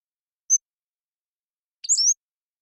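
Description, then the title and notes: Pacific-slope flycatcher: a single high tick, then a bright slurred squeaky phrase, no other sounds. Long song sequence captured with a parabolic microphone, processed clean while keeping natural rhythm and pace. "Pacific-Slope Flycatcher, Empidonax difficilis A long song sequence captured with a parabolic"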